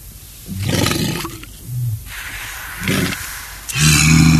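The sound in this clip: Walrus bellowing in several rough, roaring bursts with deep, growling tones, the last loudest and cut off.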